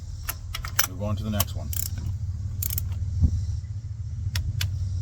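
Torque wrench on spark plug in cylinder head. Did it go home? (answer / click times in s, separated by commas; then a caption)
yes / 4.6 s. A click-type torque wrench tightens the next spark plug into the cylinder head of a 2006 Toyota RAV4 2.4 liter during spark plug and coil replacement, while someone talks. Sharp metallic ticks sound over a steady low hum, and the wrench clicks at its setting at 4.6 s, confirming the plug is torqued.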